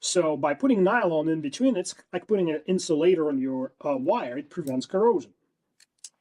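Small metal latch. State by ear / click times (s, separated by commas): seated / 6.1 s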